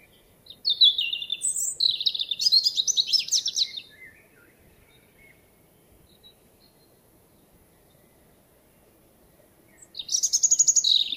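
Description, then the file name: European robin song: two bursts of high, thin, tumbling warbled phrases with rapid trills, separated by a long pause, over faint low background hiss. "Erithacus rubecula"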